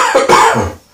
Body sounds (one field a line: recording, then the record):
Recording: coughing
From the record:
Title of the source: Spring Cold Coughing 2